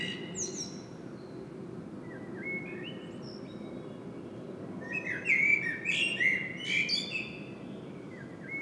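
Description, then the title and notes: Common blackbird singing soft, spaced whistled notes that build into a loud, rich fluting phrase topped with high twittering, against a faint constant hum. Singing bird in Saint-Gilles, Belgium; recorded with a Sony PCM-M10 internal microphone. "Saint-Gilles, Belgique - Blackbird singing. Le merle chante"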